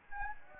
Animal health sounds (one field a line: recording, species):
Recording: mosquito wingbeat signal from an infrared sensor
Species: Anopheles gambiae